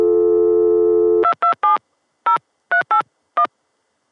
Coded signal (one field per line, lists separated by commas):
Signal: DTMF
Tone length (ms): 110 ms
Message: 227 0381